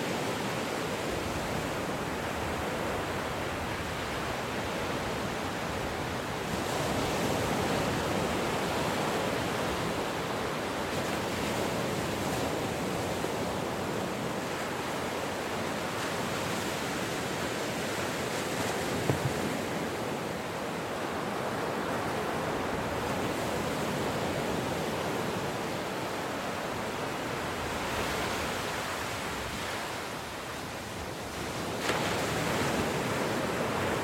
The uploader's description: ocean waves and gentle thunderstorms in the background